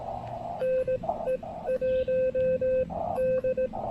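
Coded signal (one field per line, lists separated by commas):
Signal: Morse code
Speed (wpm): 17 wpm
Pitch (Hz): 530 Hz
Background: radio noise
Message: NE1D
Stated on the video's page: Park activation on 20 and 40 meters with an Elecraft K1 QRP rig, including a park-to-park contact.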